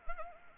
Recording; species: mosquito wingbeat signal from an infrared sensor; Anopheles arabiensis